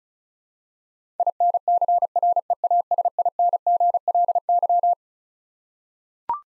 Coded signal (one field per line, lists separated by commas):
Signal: Morse code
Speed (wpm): 36 wpm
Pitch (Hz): 700 Hz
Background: none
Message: INCREASINGLY